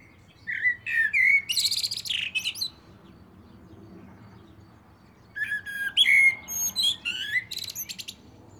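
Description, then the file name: Common blackbird singing two long phrases of rich whistles mixed with loud, scratchy high twittering, separated by a brief quiet spell. "Turdus merula"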